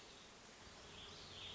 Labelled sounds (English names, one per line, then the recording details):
Warbling Vireo
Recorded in Sonoma County, California